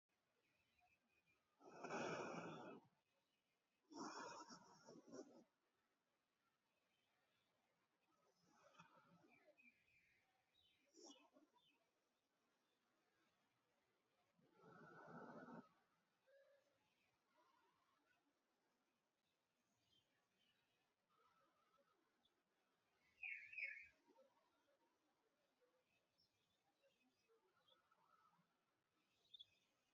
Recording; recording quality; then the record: deep breathing; excellent, no background noise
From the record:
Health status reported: healthy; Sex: male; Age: 29 years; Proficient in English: yes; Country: India